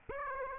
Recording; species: mosquito wingbeat signal from an infrared sensor; Aedes aegypti